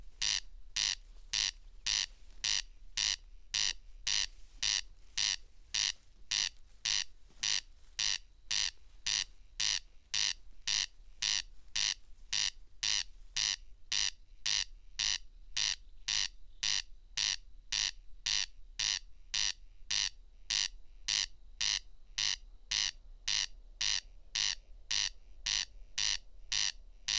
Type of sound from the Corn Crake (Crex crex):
song